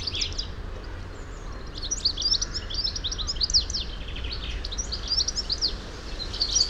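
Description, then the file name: European goldfinch twittering, bright rapid high notes in irregular bursts, a brief run at the start then denser chatter from two seconds on, against low background noise. "Carduelis carduelis"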